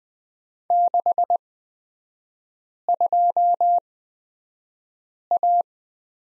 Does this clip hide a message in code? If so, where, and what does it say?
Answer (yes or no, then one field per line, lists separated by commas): yes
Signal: Morse code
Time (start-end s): 0.7-5.6 s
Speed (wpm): 20 wpm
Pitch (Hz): 700 Hz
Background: none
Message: 62A